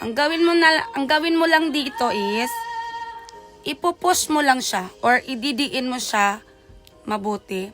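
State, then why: Not seated. A new silicone rubber ear tip is being pressed firmly onto the plastic nozzle of a wireless earbud while someone talks over background music. A brief sharp sound occurs at 3.3 seconds. The tip has not clicked into place yet.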